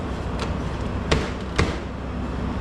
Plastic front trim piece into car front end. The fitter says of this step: all right let's see how this thing pops in there it should just snap right in place and then